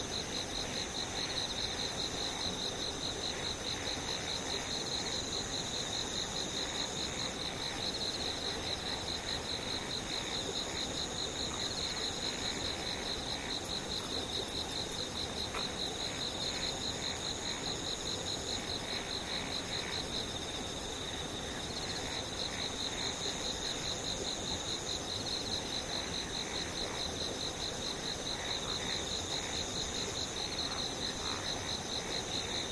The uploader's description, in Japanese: ムシ